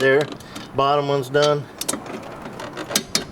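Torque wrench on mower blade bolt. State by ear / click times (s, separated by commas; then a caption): torque reached / 3.1 s. A torque wrench set to 40 lb-ft tightens the top mower blade bolt while someone talks. A few ratcheting mechanical ticks follow, and the wrench gives a sharp click at 3.1 s, confirming the bolt has reached its torque setting.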